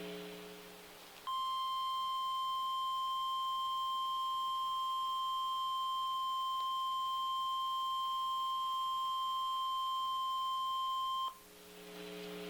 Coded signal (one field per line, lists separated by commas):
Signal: Emergency Alert System (SAME) tones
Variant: 1050 Hz attention tone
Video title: EAS #1306 - Severe Thunderstorm Warning 11-5-2015